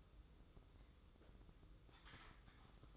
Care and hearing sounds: daily activity, microphone in the room; typing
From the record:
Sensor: 3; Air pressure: 995.3 hPa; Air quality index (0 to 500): 78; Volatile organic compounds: 6 ppm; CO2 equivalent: 1845 ppm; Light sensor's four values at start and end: 19/57/24/21 and 19/58/24/22

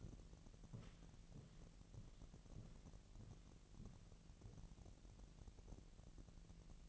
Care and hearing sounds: daily activity, microphone in the room; walk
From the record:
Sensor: 4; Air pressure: 1003.0 hPa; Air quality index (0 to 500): 247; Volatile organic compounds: 26 ppm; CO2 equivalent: 2875 ppm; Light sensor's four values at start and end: 8/17/7/7 and 7/17/7/7

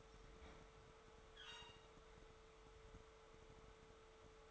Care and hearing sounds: daily activity, microphone in the room; open fridge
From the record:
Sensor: 3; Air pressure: 1015.0 hPa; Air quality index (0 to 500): 201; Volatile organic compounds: 29 ppm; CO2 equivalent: 2934 ppm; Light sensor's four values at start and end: 38/93/40/43 and 38/93/40/43

